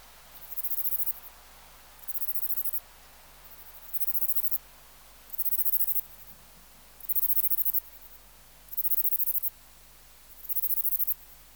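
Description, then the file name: Catalan bush-cricket song of very high pulsed buzzes, each under a second, steadily repeated about every one and a half seconds. "Steropleurus catalaunicus"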